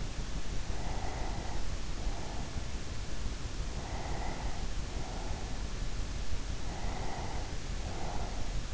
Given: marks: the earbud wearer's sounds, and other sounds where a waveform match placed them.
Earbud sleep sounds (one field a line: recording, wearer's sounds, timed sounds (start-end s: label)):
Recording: sounds in sleep by an in-ear microphone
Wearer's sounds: breath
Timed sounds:
0.71-2.94 s: breath
3.66-6.03 s: breath
6.60-8.74 s: breath